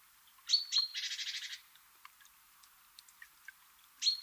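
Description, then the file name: Great tit giving one full call of two piercing high notes and a rapid, scratchy churring rattle, then scattered soft clicks and a single high note near the end. "Parus major"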